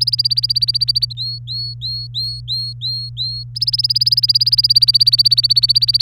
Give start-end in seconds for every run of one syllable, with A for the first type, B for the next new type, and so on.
0.00-1.13 A, 1.17-3.44 B, 3.55-6.01 A